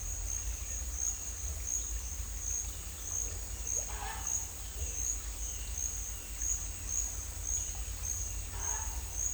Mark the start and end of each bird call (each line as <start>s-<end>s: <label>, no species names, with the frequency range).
3.69s-4.24s: bird call (0.4-4.7 kHz)